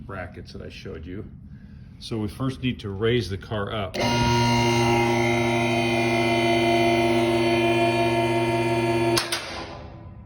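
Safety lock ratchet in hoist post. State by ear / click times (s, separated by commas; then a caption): seated / 9.3 s. Someone talks, then a four-post car hoist is raised with a steady, loud humming drone from about 4 s to 9.2 s. At 9.3 s the steel safety ratchet in the hoist post drops into the next lock position with a sharp click as the hum cuts off, confirming the lift has seated in the next lock.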